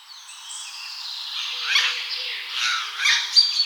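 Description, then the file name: Eurasian jay giving harsh, rasping calls that swell into noisy bursts around the middle and end, with a faint low tone underneath. "Garrulus glandarius"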